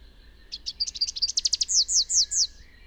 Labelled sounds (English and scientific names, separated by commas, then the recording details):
Rufous-capped Warbler (Basileuterus rufifrons) song
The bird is a male
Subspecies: rufifrons
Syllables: 18
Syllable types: 6
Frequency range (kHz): 2.5-8.0 kHz
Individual YA-R15-M